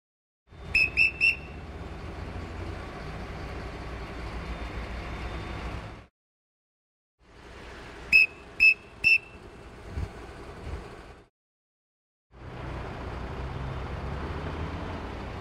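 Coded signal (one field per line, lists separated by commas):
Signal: whistle signal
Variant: crane dogger whistle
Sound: two sets of three short shrill whistle blasts amid steady outdoor rumble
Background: outdoor machinery noise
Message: 3 short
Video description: Hand & whistle signals every dogger & crane operator needs to know!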